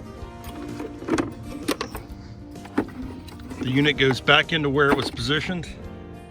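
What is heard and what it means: A reassembled throttle assembly for a John Deere D100 series lawn tractor (D170, D150, D125) is handled as it goes back into its mounting position in the mower dash, with the throttle cable fed back in. Short handling knocks land around 1.2, 1.7, 1.8 and 2.8 s, then someone talks. Nothing has seated or clicked yet.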